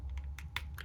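A plastic build-a-figure arm for a McFarlane Condiment King figure from Batman: The Animated Series is pushed into the torso's shoulder peg, where it is tight at first. Softer plastic clicks sound at about 0.2, 0.4 and 0.8 s. A sharp, loud click at 0.6 s is the arm snapping into the shoulder joint and seating in place.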